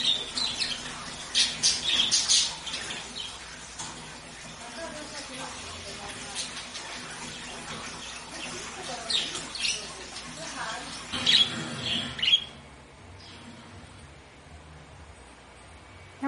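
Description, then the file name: Budgerigar warbling and squawking in a busy chatter of bright chirps and harsh notes, with a burst around eleven to twelve seconds before it quietens. White budgerigar. "canto do periquito australiano branco"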